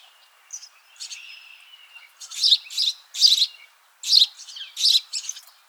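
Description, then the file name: House sparrow chirps start faint and scattered, then grow into a louder series of harsh notes. "Passer domesticus"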